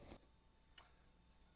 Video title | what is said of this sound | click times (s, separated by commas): FOLLOW UP ON THE EXCALIBUT TWINSTRIKE CROSSBOW | What this does is when you're loading this arrow into your Twinstrike here, you'll actually hear it click into place. | 0.8 s